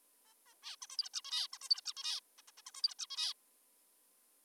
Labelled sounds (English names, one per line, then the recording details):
Zebra Finch
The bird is an adult
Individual g19o3U